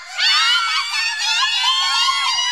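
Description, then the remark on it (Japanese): A crowd of fans screams and squeals excitedly at an aspiring idol, high-pitched voices overlapping in a dense, continuous shrill din that stays loud throughout. “ああ、うるさい奴らだ、まったく。”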